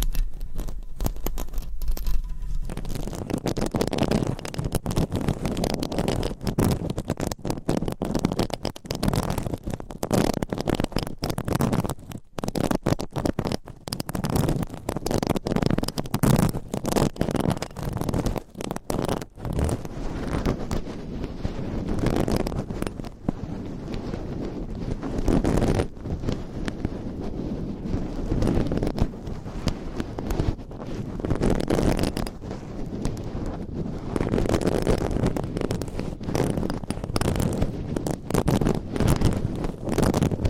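Scratching, rubbing and tapping on a binaural microphone fill the recording with dense, rough friction that rarely lets up. Rapid scraping strokes and soft thumps come in uneven bursts, mostly low and muffled, with brief brighter scratches and a few short pauses.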